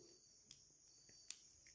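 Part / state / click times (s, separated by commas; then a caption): cam chain tensioner plunger engaging in its housing / seated / 1.3 s. A metal motorcycle cam chain tensioner is wound until it returns to position, with a faint tick at 0.5 s over a steady high-pitched hiss. A sharp click at 1.3 s marks the tensioner plunger engaging in its housing, and it is confirmed seated.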